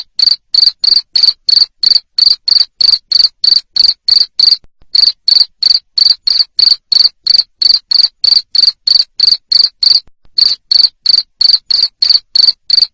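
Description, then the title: Loud cricket chirping, long even series of shrill pulses around three a second, with two brief pauses; nothing else audible. Loud cricket chirping, played to stimulate lovebirds to sing continuously. "Suara JANGKRIK NGERIK Keras Bikin LOVEBIRD Jadi NGEKEK Terus"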